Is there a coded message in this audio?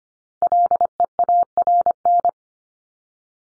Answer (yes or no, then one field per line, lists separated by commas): yes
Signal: Morse code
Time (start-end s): 0.4-2.3 s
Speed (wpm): 25 wpm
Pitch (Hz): 700 Hz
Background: none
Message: LEARN